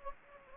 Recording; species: mosquito wingbeat signal from an infrared sensor; Anopheles gambiae